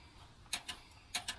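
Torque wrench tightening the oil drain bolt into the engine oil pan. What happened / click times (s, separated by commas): The torque wrench clicked at its set torque / 0.5 s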